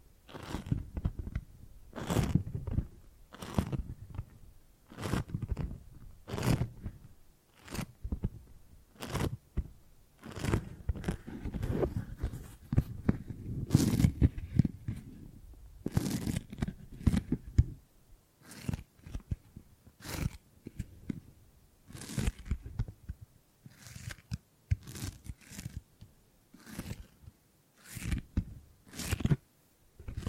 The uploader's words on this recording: ASMR Brain Tingly Gripping and Grabbing Sounds for Sleep (No Talking).